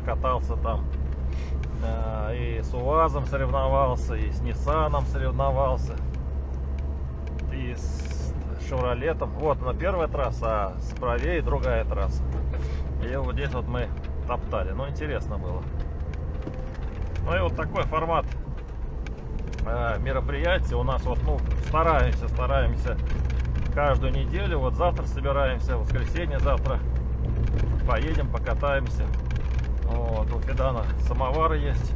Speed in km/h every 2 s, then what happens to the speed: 14, 14, 14, 13, 13, 14, 14, 13, 13, 15, 16, 18, 20, 20, 20, 20.
0-16 steady at about 14. 16-24 speeds up to 20. 24-32 steady at about 20.